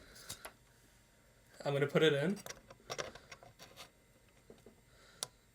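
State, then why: Partly seated. A 12VHPWR 16-pin plastic power cable connector is pushed into the power socket of an ASR Taichi OC RX970 XT graphics card while someone talks, with small plastic ticks and scrapes between about 0.3 and 3.3 seconds. A sharp click is heard at 5.2 s. The connector feels firm but is only almost in, not fully seated.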